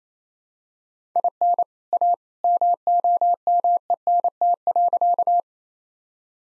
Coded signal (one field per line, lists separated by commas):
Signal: Morse code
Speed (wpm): 28 wpm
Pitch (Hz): 700 Hz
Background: none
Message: IN A MOMENT.